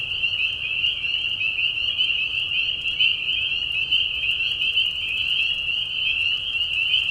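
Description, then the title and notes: Many spring peepers calling at once, shrill peeps forming a continuous ringing wall of sound. Mating call of spring peepers in a marsh at night during a short spring season; Tiny Marsh Conservation Area, Tiny, Ontario; high whistles at low volume. "Peeper frogs in the spring. Peeper frogs in a marsh at night. This is a mating call that happens during a very short season in the Spring. The high whistles at a low volume. Tiny Marsh Conservation area in Tiny, Ontario. Anton Pickard. Music for Sleep"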